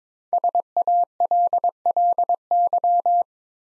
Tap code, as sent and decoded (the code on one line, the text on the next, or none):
none